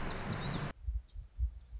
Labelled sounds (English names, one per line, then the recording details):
Black-throated Gray Warbler
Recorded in Sonoma County, California